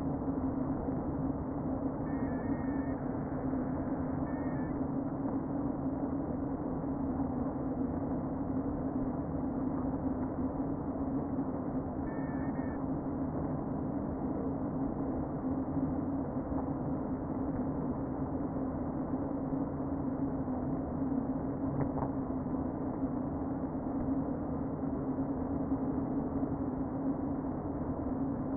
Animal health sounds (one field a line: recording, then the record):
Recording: honeybee colony, microphone inside the hive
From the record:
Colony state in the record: queen present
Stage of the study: before two queens were removed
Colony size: about 60,000 bees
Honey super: yes